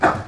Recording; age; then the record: pig call; growing-finishing pig (85 days or more)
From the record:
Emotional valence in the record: positive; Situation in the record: run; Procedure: transit